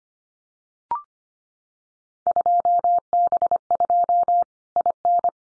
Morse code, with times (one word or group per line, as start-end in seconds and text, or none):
2.3-4.4 2B2
4.8-5.3 IN